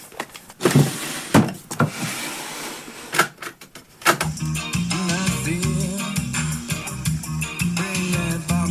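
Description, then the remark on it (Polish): A drawer holding the remote control slides open with several scraping clunks and knocks, then a cassette player kicks in and steady music plays on without a break. “Ale pilot jest w środku, tu w szufladzie.”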